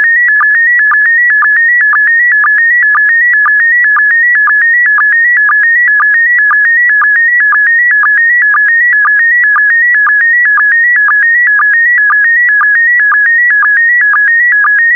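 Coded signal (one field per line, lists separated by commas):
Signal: SSTV (slow-scan television)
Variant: PD120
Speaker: the next image transmission will start in 10 seconds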